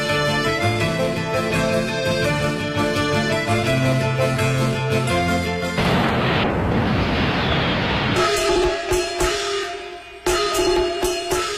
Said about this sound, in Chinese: 烟花灿灿，爆竹声声